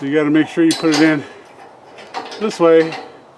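A metal locking pin or latch on a scaffolding frame is handled and put in the correct way round, ready to drop down around the frame tube, while someone talks. No distinct metallic clunk stands out over the voice, and nothing has seated or locked in place yet.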